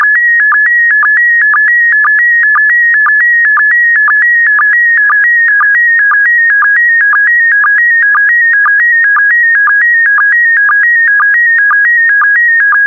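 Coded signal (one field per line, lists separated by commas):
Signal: SSTV (slow-scan television)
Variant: PD120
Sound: steady warbling tone shifting slightly in pitch, with short low blips twice a second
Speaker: complete. You can now check your decoded image against the picture that is shown on the video.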